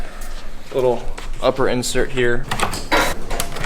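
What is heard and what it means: Someone talks while handling a second upper plastic trim insert, a part whose clips snap in, at the body of a Ford F250 truck, with a brief sharp sound near 3.4 s. The clip ends before the insert goes home, so nothing has seated or clicked yet.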